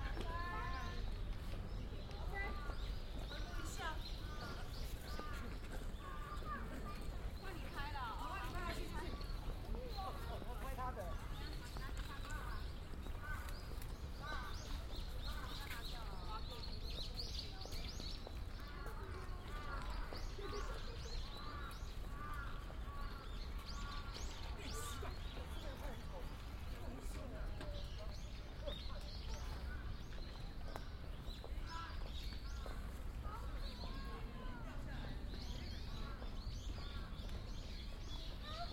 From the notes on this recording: A binaural field recording made in Ueno Park, Tokyo